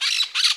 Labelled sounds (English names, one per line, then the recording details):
Brown-throated Parakeet contact call
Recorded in Margarita
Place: San Francisco, near stadium
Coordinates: 11.018, -64.294